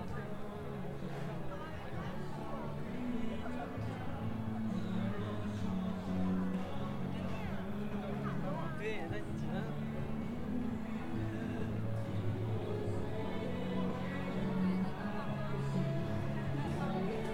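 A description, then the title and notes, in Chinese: Anton Old Street in Dandong is filled with a steady, dense murmur of many overlapping voices, with no pauses across the whole stretch. Talk stays mostly low and mid-pitched, occasional brighter voices rise above it, and a low rumble runs beneath throughout. 丹东，安东老街。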